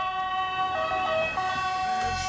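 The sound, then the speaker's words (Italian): An ambulance siren sound effect blares loudly and steadily, its bright, piercing tone holding high with ringing overtones, while a low engine rumble swells underneath toward the end. “E Giannino manda l'ambulanza a Beppe Grillo.”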